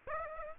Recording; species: mosquito wingbeat signal from an infrared sensor; Aedes aegypti